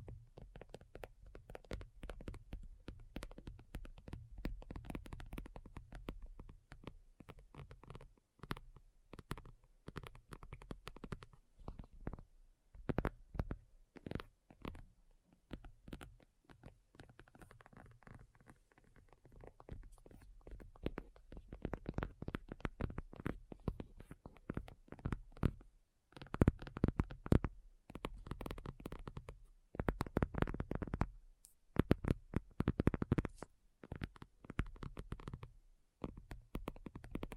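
Dense, irregular tapping runs through the whole clip: quick clusters of crisp knocks over a soft, low rumbling undertone. The taps come in uneven bursts with brief gaps, growing sharper and louder in the last third.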